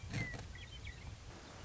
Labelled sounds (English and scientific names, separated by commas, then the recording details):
Western Meadowlark (Sturnella neglecta)
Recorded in Sonoma County, California